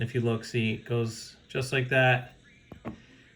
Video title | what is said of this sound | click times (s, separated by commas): G.I.Joe Classified Series SGT. Stalker Review | and it's tight pops right in there | 2.7 s, 2.9 s